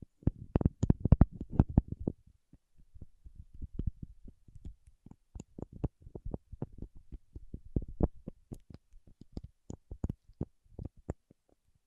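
Paraffin wax being peeled, tapped and scratched, heard as a rapid run of dry clicks and crackles. The first two seconds are the densest and loudest. After that the ticks turn sparser and softer, with sharper isolated snaps near eight and ten seconds.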